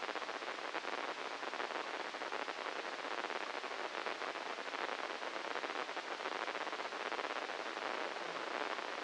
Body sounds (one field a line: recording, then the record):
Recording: brain microelectrode recording played as sound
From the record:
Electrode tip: inside the subthalamic nucleus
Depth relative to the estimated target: -5 mm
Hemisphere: left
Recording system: NeuroSet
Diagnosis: Parkinson's disease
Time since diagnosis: 10 years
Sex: male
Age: 56 years